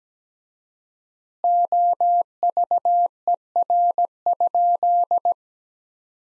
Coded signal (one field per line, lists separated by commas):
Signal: Morse code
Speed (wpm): 17 wpm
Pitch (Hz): 700 Hz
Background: none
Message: OVER?